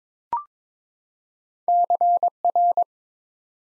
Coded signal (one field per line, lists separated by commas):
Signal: Morse code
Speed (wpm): 22 wpm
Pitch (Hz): 700 Hz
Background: none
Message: CR